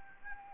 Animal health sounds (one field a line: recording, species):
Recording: mosquito wingbeat signal from an infrared sensor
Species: Anopheles arabiensis